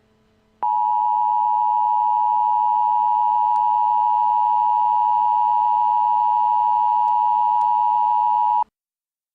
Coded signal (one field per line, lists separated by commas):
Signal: Emergency Alert System (SAME) tones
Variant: 853 and 960 Hz attention tone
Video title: [EAS SCENARIO] Nature's Revenge (Part 3)